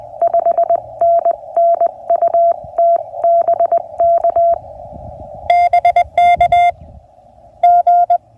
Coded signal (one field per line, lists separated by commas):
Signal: Morse code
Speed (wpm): 20 wpm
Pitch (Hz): 680 Hz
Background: none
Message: 5NN UT BK BK G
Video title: CW POTA Activation US-11645